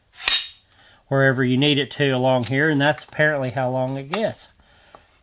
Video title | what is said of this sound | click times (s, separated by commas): New Drywall Tools From Level 5!! An Unboxing/First Impressions Video! #Level5 | it'll snap right in | 0.3 s